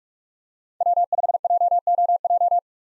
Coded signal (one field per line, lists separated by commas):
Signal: Morse code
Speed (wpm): 44 wpm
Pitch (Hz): 700 Hz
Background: none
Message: W5JOJ